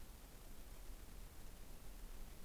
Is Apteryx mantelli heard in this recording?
no